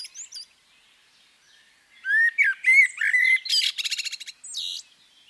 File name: CHernyj drozd - Turdus merula - British Library